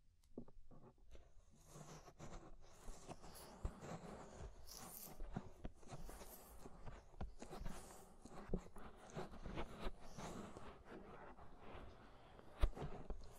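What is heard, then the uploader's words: Scraping at the inner and outer ear, made of dense, irregular rustling and scratching that never quite stops. Short crackling strokes come every fraction of a second, some bright and sharp, with a louder snap near the twelve-second mark. Inner and Outer Ear Scraping (No Talking).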